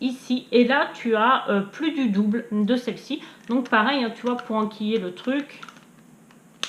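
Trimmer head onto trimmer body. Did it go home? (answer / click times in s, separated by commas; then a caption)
yes / 6.6 s. An interchangeable plastic trimmer head is pushed onto the body of an electric beauty trimmer while someone talks. A short sharp click at 6.6 s marks the head seating onto the handle.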